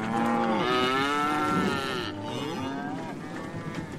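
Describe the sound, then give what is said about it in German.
Seven cows, driven aboard a ship as live food supplies, moo in long, low, drawn-out bellows, one call overlapping another, with a steady background rumble throughout and no talking. “Als lebendige Essensvorräte wurden 7 Kühe an Bord getrieben.”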